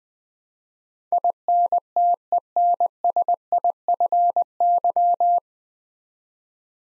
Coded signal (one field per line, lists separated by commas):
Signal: Morse code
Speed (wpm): 20 wpm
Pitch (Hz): 700 Hz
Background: none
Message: INTENSIFY